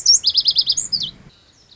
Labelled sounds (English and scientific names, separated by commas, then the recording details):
Lazuli Bunting (Passerina amoena)
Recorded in Sonoma County, California